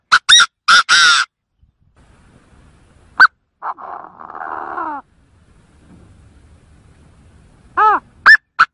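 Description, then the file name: Chinese francolin giving harsh, loud call notes in short bursts, then a buzzy rasping stretch, a pause, and another run of sharp arched notes. In forest. "Tieng ga go rung"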